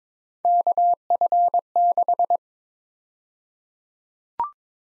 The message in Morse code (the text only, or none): KF6